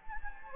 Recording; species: mosquito wingbeat signal from an infrared sensor; Anopheles gambiae